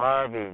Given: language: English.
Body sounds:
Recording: throat vibration sensor signal played as sound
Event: speech

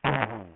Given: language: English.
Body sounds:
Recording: throat vibration sensor signal played as sound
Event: throat clearing

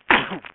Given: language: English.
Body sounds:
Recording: throat vibration sensor signal played as sound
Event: cough

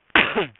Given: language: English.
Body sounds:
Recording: throat vibration sensor signal played as sound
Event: cough

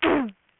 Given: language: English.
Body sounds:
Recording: throat vibration sensor signal played as sound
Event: throat clearing

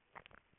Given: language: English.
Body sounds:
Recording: throat vibration sensor signal played as sound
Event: swallow

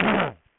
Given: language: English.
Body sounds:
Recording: throat vibration sensor signal played as sound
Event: throat clearing

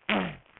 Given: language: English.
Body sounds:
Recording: throat vibration sensor signal played as sound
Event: throat clearing

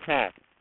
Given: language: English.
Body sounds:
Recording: throat vibration sensor signal played as sound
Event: speech

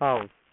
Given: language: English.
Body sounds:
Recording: throat vibration sensor signal played as sound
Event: speech

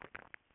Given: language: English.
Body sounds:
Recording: throat vibration sensor signal played as sound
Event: swallow

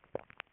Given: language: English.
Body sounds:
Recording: throat vibration sensor signal played as sound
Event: swallow

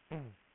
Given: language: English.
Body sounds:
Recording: throat vibration sensor signal played as sound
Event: throat clearing

